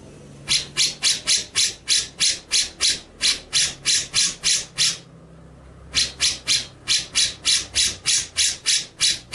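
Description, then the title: White-rumped shama uttering rapid rasping bursts, roughly three each second, broken by one brief gap midway before continuing. Masteran (training) song; full ngerol and nembak song styles. "Masteran Murai Batu Full Ngerol Nembak"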